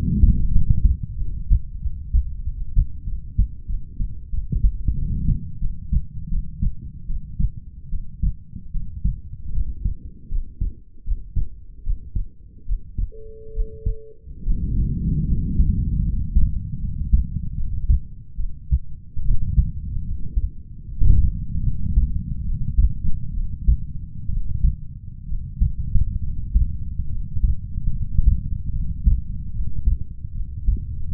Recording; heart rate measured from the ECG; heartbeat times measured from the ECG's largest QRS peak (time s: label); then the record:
heart sounds by stethoscope; 76 bpm
0.51 s: heartbeat
1.16 s: heartbeat
1.80 s: heartbeat
2.42 s: heartbeat
3.05 s: heartbeat
3.67 s: heartbeat
4.30 s: heartbeat
4.95 s: heartbeat
5.59 s: heartbeat
6.29 s: heartbeat
7.07 s: heartbeat
7.90 s: heartbeat
8.72 s: heartbeat
9.52 s: heartbeat
10.28 s: heartbeat
11.04 s: heartbeat
11.83 s: heartbeat
12.65 s: heartbeat
13.53 s: heartbeat
14.43 s: heartbeat
15.26 s: heartbeat
16.02 s: heartbeat
16.78 s: heartbeat
17.54 s: heartbeat
18.36 s: heartbeat
19.22 s: heartbeat
20.04 s: heartbeat
20.84 s: heartbeat
21.62 s: heartbeat
22.43 s: heartbeat
23.32 s: heartbeat
24.28 s: heartbeat
25.25 s: heartbeat
26.21 s: heartbeat
27.08 s: heartbeat
27.91 s: heartbeat
28.71 s: heartbeat
29.51 s: heartbeat
30.32 s: heartbeat
31.10 s: heartbeat
From the record:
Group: healthy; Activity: rest 0-10 s, Valsalva maneuver 10-31 s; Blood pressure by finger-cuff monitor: 98/66 mmHg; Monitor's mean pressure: 77 mmHg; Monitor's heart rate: 75 bpm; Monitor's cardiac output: 5.7 L/min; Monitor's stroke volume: 75 mL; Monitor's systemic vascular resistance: 1000 dyn s/cm5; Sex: female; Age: 22 years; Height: 160 cm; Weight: 45 kg